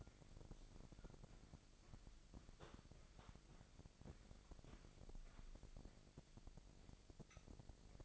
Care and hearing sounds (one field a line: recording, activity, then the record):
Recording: daily activity, microphone in the room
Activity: walk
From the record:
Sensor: 5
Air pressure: 1001.7 hPa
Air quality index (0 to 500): 183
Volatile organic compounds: 12 ppm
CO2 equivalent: 2349 ppm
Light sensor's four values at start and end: 32/105/40/42 and 32/104/40/42